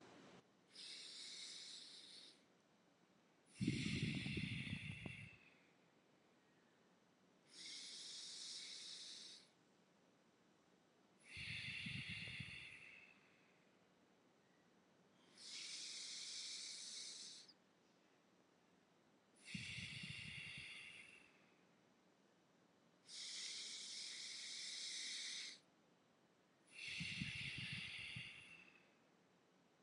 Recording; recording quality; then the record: deep breathing; excellent, no background noise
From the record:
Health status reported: healthy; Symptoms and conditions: none ticked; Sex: male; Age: 42 years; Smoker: yes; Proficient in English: yes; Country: India